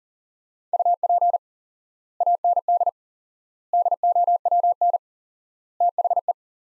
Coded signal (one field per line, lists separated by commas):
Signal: Morse code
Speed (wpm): 40 wpm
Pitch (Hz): 700 Hz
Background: none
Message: UP AND DOWN THE